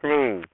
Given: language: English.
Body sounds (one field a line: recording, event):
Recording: throat vibration sensor signal played as sound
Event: speech